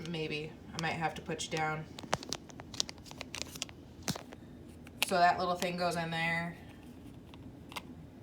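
Someone talks while handling a small insert that is being fitted into the base of an egg cooker, where it is meant to lock in place. Short, sharp handling ticks are heard around 2.1, 2.3, 2.8, 3.4, 3.6 and 4.1 seconds, with fainter ones near 7.3 and 7.8 seconds. The insert has not seated or clicked into place yet.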